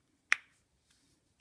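Someone pries apart the two plastic halves of a Toyota Camry key fob case to reach the coin cell battery. A sharp, bright snap at 0.3 s marks the case popping open, followed by a brief ringing decay and a few faint ticks. The case comes open.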